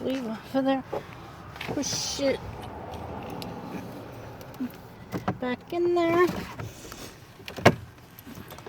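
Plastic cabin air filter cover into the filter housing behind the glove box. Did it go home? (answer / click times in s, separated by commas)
yes / 7.5 s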